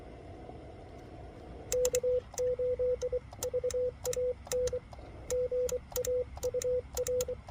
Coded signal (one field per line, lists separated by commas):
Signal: Morse code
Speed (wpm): 23 wpm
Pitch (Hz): 500 Hz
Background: radio noise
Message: K8VAN GA UR